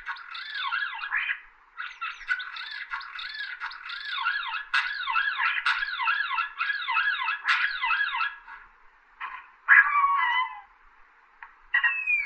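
Common starling song: rapid runs of looping, rising-and-falling whistled notes and chattering phrases, delivered almost continuously, broken by short gaps and a few louder harsh bursts.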